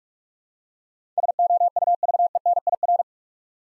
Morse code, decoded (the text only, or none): SOUVENIR